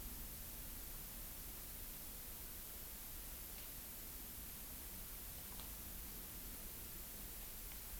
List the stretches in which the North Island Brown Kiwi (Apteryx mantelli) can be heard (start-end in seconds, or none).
none